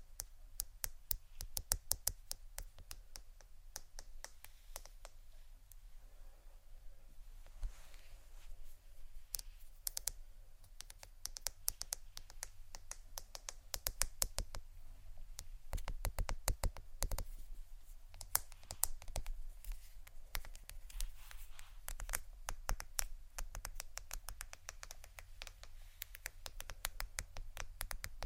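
Crystals and quartz pieces clink and tap against one another in a dense, irregular stream of sharp, bright clicks. The ticking never stops, with busier clusters around the middle and near the end. A low, steady hum sits underneath.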